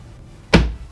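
A white plastic retaining clip on the side rocker panel of a 2016–2018 Camaro, which had not seated, is pressed into the car body. One sharp thunk at 0.5 s marks the clip snapping home, and it is seated.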